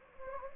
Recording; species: mosquito wingbeat signal from an infrared sensor; Anopheles gambiae